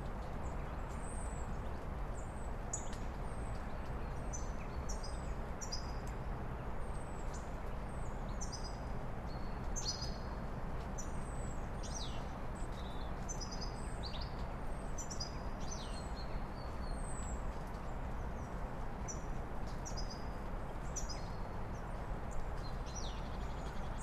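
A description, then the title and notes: Birds sing steadily through a dawn chorus, with quick, high, bright chirps and short trills coming every second or so from several directions. Underneath runs a constant low rumble, like traffic, that never lets up. Birdsong Sounds of Sunrise: Forest Harmony. As the dawn light starts to filter through the trees, the birds begin to sing. The robin's clear, melodic trill cuts through the air, joined by the cheerful chirping of the goldfinch. The songthrush adds its own rich, fluty notes to the chorus. User squashy555 of freesound.org, who recorded these sounds in May 2021.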